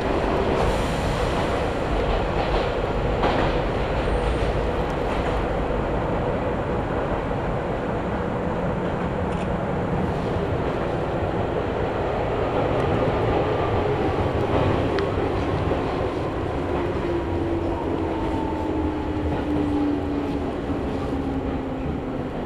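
A ride aboard a local train, recorded from inside the car. A dense, steady low rumble runs throughout, with occasional rail clicks near the start and midway, while a motor whine slowly glides downward in pitch over the final ten seconds as the train eases.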